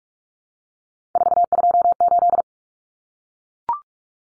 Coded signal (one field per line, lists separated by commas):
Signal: Morse code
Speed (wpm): 44 wpm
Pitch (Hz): 700 Hz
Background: none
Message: 428